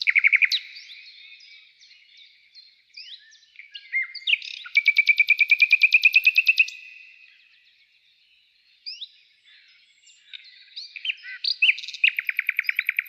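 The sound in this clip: Nightingale song: a loud rapid trill after varied chirps, a brief pause, then mixed whistles and another fast repeated-note trill at the end.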